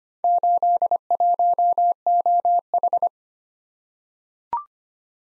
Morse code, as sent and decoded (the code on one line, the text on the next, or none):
---.. .---- --- ....
81OH